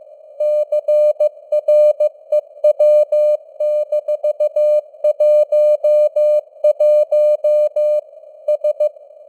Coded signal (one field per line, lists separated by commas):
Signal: Morse code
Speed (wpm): 15 wpm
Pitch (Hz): 600 Hz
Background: none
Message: CREW-11 S